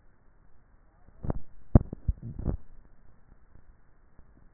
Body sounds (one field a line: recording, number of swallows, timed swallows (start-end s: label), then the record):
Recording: swallowing sounds by neck microphone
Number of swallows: 1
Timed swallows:
1.78-2.58 s: swallow
From the record:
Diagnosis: dysphagia